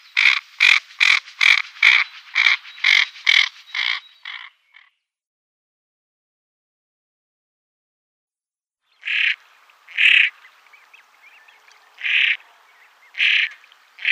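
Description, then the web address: Common pochard with a rapid run of about ten harsh rasps, several seconds of silence, then five spaced grating calls. Females. "Schulze Peter Common Pochard females"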